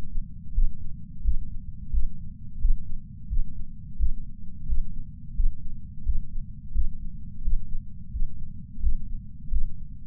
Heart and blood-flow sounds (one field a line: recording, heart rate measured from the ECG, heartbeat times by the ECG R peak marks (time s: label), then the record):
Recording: heart sounds by patch sensor on the chest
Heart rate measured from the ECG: 87 bpm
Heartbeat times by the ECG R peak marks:
0.53 s: heartbeat
1.22 s: heartbeat
1.91 s: heartbeat
2.59 s: heartbeat
3.28 s: heartbeat
3.97 s: heartbeat
4.66 s: heartbeat
5.35 s: heartbeat
6.04 s: heartbeat
6.73 s: heartbeat
7.42 s: heartbeat
8.11 s: heartbeat
8.81 s: heartbeat
9.50 s: heartbeat
From the record:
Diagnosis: coronary artery disease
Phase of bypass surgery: postoperative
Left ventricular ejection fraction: 53.3%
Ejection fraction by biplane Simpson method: 55.1%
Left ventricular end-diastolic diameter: 44 mm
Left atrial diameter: 43 mm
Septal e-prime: 6 cm/s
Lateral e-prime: 8.6 cm/s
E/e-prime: 11.9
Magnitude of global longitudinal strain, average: 15.4%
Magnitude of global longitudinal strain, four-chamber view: 16.2%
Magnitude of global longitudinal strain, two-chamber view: 15.5%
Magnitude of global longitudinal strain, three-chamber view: 14.5%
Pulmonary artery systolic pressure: 30 mmHg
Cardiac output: 3.65 L/min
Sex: male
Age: 64 years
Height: 175 cm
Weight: 85 kg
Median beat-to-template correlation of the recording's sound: 0.88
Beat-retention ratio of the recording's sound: 1.00